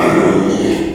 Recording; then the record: squeal of a Yucatan mini pig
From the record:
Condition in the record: after surgery on the right vocal fold (resection and tissue-engineered implant); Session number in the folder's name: 2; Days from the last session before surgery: 13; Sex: male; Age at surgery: 12 weeks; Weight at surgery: 13 kg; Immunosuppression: cyclosporine, prednisolone